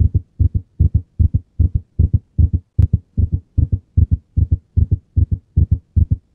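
Fast, steady heartbeat with crisp paired lub-dub sounds at about 150 beats a minute, with a brief click near the middle. An example of cardiac arrhythmia, an abnormal heart rhythm.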